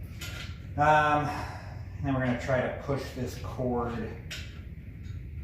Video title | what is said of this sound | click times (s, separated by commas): XTerra Fitness TR150 Folding Treadmill - How To Assemble, Set Up, And Unboxing | Same as the other one. You hear it click when it goes in. | 0.2 s